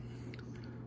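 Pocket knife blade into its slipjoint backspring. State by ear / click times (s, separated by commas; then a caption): not seated / none. A 1978 Case XX USA Barlow slipjoint pocket knife with Delrin handles and a repaired tip is handled, its blade worked against the backspring. Faint brief ticks are heard over a steady low hum, and the blade has not yet snapped into place, so nothing has seated or clicked.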